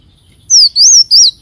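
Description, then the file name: Leafbird call: three loud, clear high whistles, the first falling, the second rising then falling, the third short and arched. "Tieng chim xanh tim"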